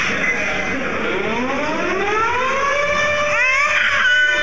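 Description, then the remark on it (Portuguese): A war air-raid siren winds up in a long, rising wail with rich harmonics, holding loud and steady before wavering briefly near the end over a constant background hiss. “É que vai soar o alarme de guerra.”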